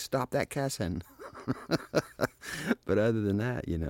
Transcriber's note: laughter